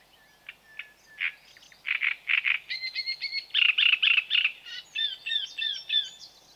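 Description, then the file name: Great reed warbler singing steadily, with loud, rasping croaks and grating doubled notes repeated in quick series, mixed with squeaky whistled elements. "Grotekarekiet"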